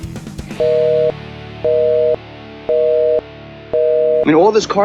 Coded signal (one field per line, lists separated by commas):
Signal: telephone call progress tone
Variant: North America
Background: speech, music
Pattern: busy tone